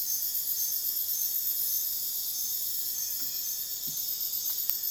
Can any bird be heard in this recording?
no